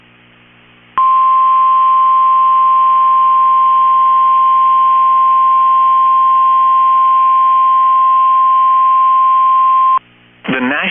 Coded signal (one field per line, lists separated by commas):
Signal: Emergency Alert System (SAME) tones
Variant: 1050 Hz attention tone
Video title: EAS #1,887 Online NOAA Weather Radio Severe T’storm Warning #2 5/15/25